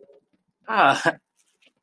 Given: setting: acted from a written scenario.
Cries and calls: vocal sound without words; adoration

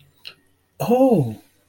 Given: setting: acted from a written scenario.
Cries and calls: vocal sound without words; pain

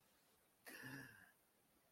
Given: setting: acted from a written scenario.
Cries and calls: vocal sound without words; positive surprise

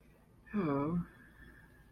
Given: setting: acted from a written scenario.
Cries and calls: vocal sound without words; disappointment

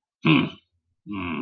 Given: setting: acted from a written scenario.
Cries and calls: vocal sound without words; contempt

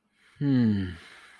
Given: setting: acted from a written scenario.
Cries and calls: vocal sound without words; serenity

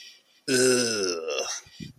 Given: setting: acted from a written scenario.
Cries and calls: vocal sound without words; disgust

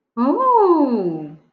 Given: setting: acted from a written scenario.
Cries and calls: vocal sound without words; negative surprise

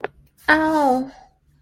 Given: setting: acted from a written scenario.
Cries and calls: vocal sound without words; pain

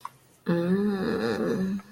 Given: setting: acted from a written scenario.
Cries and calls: vocal sound without words; desire

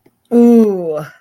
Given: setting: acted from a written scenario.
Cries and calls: vocal sound without words; desire

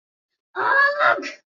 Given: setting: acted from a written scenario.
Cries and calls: vocal sound without words; embarrassment

